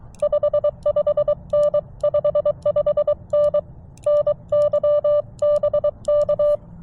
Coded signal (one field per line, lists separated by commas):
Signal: Morse code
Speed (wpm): 23 wpm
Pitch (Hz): 590 Hz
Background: music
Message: 55N 55N NY BK